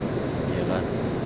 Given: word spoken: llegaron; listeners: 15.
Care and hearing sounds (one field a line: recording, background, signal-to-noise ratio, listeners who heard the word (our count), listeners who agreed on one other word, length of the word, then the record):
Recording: one Spanish word in noise, from a listening test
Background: speech-shaped noise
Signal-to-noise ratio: -5.8 dB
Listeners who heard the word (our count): 0 of 15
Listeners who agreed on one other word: 8 of 15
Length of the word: 0.86 s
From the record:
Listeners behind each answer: 8, 4, 1, 1, 1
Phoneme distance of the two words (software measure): 14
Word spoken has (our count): 3 syllables, 7 phonemes, stress on syllable 2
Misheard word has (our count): 2 syllables, 5 phonemes, stress on syllable 2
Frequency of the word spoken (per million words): 60.42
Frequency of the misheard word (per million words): 242.88